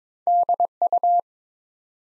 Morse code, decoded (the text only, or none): DU